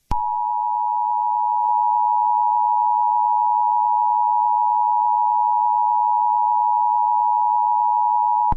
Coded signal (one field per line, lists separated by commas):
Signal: Emergency Alert System (SAME) tones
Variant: 853 and 960 Hz attention tone